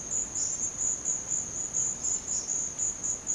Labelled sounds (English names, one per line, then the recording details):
none
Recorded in secondary vegetation near Puerto Asís, Putumayo, Colombia, on 30 June 2025 at 14:00
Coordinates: 0.500, -76.326
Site GP08